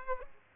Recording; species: mosquito wingbeat signal from an infrared sensor; Aedes aegypti